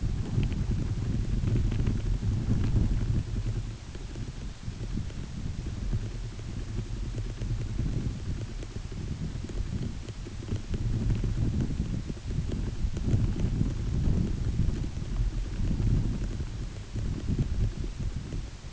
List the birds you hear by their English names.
none